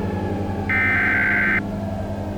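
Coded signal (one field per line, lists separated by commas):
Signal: Emergency Alert System (SAME) tones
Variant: header bursts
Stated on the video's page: Fictional EAS scenario alert about an endless eclipse.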